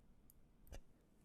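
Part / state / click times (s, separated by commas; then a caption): microSD card into the card slot of a single-board computer module / seated / 0.3 s, 0.7 s. A microSD card, gold contacts facing up, is pushed into the spring-loaded card slot of an NVIDIA Jetson Orin Nano Super single-board computer module. Faint, sharp clicks are heard at 0.3 s and 0.7 s, followed by a slightly louder, broader tick just after. The card seats in the slot.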